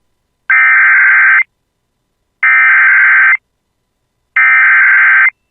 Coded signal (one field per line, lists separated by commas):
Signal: Emergency Alert System (SAME) tones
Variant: header bursts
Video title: [EAS] Severe Thunderstorm Warning for Northome Area (9/12/25)